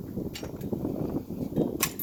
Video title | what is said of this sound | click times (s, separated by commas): KRIN USA - Preparing the Upper Deck of the Self Rescue Training Trailer for use in Training | operating position and there's a pin will snap into place when you're out in the operating position and | 1.8 s